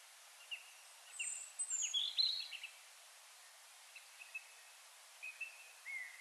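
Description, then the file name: European robin song, a short, high warbled phrase of thin sliding notes, then faint scattered notes, with steady background hiss throughout. "Erithacus rubecula"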